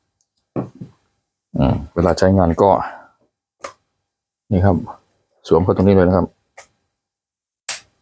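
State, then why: Seated. A water hose's quick coupling is pushed onto the inlet fitting of a cordless high-pressure sprayer while someone talks. A sharp click at 7.7 s marks the coupling locking onto the inlet, and it is now tight.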